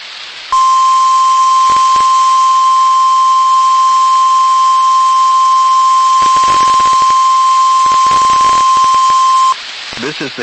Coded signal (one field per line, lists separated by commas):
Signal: Emergency Alert System (SAME) tones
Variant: 1050 Hz attention tone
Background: speech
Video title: EAS #2,370-2,374 Required Weekly Tests 12/10/25